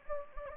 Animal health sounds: mosquito wingbeat signal from an infrared sensor; Anopheles gambiae

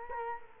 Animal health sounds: mosquito wingbeat signal from an infrared sensor; Culex quinquefasciatus

